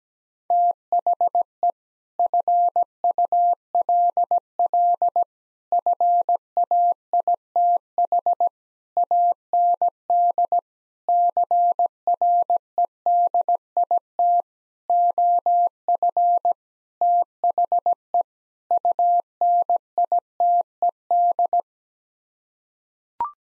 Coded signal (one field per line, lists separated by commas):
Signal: Morse code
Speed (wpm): 17 wpm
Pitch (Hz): 700 Hz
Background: none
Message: THE FULL FAITH AND CREDIT OF THE UNITED